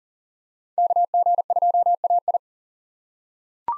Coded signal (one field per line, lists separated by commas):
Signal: Morse code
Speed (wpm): 40 wpm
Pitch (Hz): 700 Hz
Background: none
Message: KG2AI